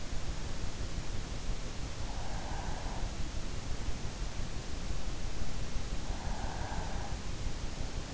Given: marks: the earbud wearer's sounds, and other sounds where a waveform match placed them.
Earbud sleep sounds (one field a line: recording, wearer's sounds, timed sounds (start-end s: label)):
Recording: sounds in sleep by an in-ear microphone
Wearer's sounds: breath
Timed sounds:
1.86-3.52 s: breath
5.98-7.81 s: breath